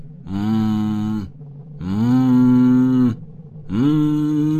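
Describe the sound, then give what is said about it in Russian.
A girl rocking back and forth makes three long, low, muffled mooing groans, like a gagged person, each held for about a second with a slight rise at the start, separated by short pauses. The droning voice is loud and steady, with no talking. “стала раскачиваться и мычать, как мог бы орать человек, чей рот плотно заткнули кляпом.”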